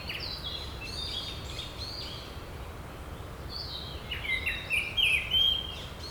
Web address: bird song kurotugumi